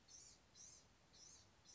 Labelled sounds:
Blue-gray Gnatcatcher

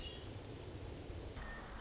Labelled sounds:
Red-winged Blackbird

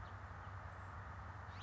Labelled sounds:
House Finch

